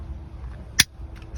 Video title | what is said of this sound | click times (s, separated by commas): E46 Power Window Switch Lever Install HD 720p | snap right in | 0.8 s